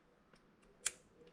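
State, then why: Seated. A Nissan OEM JECS injector plug connector is pushed onto the top of a fuel injector until it latches. A sharp click sounds at 0.9 s against quiet background with faint small ticks, and the connector is seated.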